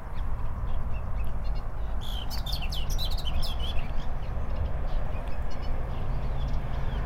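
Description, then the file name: Eurasian blackcap singing a single quick, varied warbling phrase of rich chattering and fluty notes lasting about two seconds, set against constant low-pitched background noise. "Sylvia atricapilla"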